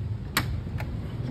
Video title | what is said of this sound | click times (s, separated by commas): How to install an Anderson 3000 series storm door by JP6 Services | position your body where you can grab with two fingers and pull it back once you hear it click then it's disengaged | 0.4 s